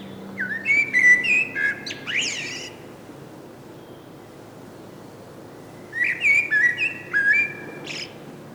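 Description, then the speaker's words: Common Blackbird song: rich fluting whistles with a rising squeaky ending, then a pause and a second warbled phrase with high chattering notes. Spring singer of southernmost Finland; birds wintering in Finland start singing on warm sunny March days, or rather evenings, being dusk singers like most thrushes. "Tai pikemminkin iltoina, sillä mustarastas on tuollainen hämärän laulaja, kuten useimmat rastaat."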